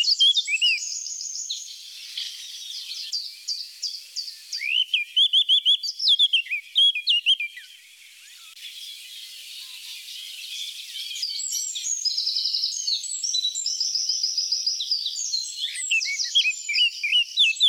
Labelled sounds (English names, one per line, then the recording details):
Eurasian Blackcap song
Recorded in the wild
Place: NSG Taubergießen / Reg.-Präs. Freiburg im Breisgau, Baden-Württemberg, DE
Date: 1979-06-10
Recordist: Schwarz, Dieter